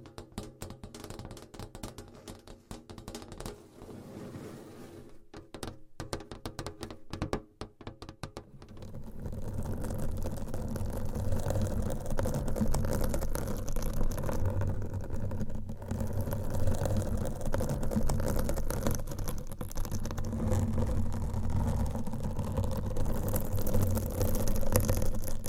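Scratching and tapping sounds, sparse and choppy at first, become a dense steady rustle after about nine seconds with a low hum.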